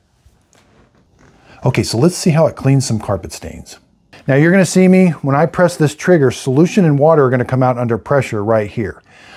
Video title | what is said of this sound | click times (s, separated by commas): BISSELL Little Green Proheat Portable Pet Spot Cleaner Red UNBOXING & REVIEW | Put it in at an angle, rotate it, and you'll hear it click. | 0.5 s